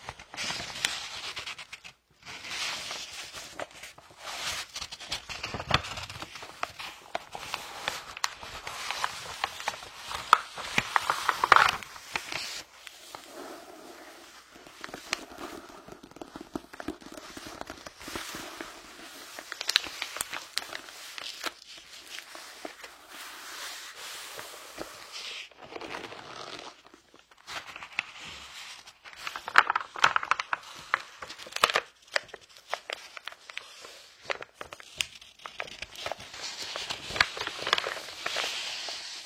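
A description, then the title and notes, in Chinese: Book pages being turned, a continual rustle of papery crinkles and soft flicks, busy throughout with brief pauses around 2 and 26 seconds. 好听舒服的翻书的声音｜白噪音。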